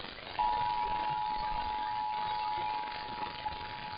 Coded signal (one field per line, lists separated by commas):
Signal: Emergency Alert System (SAME) tones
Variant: 853 and 960 Hz attention tone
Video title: Xtreme Mayhem XIII: A Sorta Moderate Mayhem! EAS Alerts From August 7, 2023